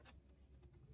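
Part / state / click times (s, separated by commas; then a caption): wiring harness connector onto an intake sensor / not seated / none. A wiring harness connector is being handled at an intake sensor on a Ford Escape engine during a throttle body and mass air flow sensor cleaning job, before it is pushed back into place. Faint, brief ticks and rustles sit over a steady low rumble. Nothing has seated or clicked yet.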